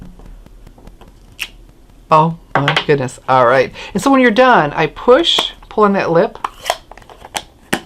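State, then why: Seated. A plastic lid is pressed shut onto a stamp ink pad case by pushing on its lip after inking. Someone talks, then a few small handling taps are followed by a sharp click at 7.7 s as the lid seats closed.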